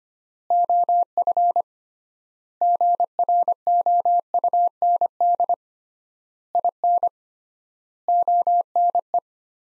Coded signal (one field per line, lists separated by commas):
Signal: Morse code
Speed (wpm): 25 wpm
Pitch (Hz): 700 Hz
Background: none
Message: OF GROUND IN ONE